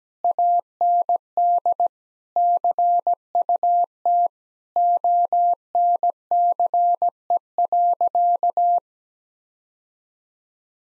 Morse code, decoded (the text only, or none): AND CUT ONCE.